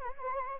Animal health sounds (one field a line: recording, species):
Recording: mosquito wingbeat signal from an infrared sensor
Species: Anopheles gambiae